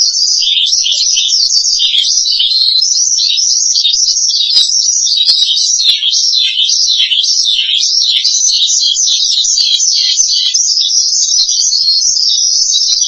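Starling song, a continuous stream of high, jumbled warbling and chattering notes without pause.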